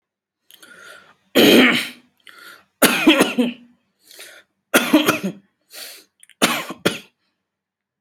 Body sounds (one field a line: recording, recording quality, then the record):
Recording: shallow voluntary cough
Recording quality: excellent, no background noise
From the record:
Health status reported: healthy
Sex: male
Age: 36 years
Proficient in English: yes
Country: India